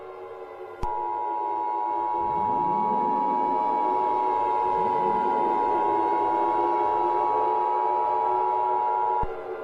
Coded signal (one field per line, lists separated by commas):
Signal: Emergency Alert System (SAME) tones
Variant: 853 and 960 Hz attention tone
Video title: EAS Scenario/Mock #16 - The Scissor Girl Attacks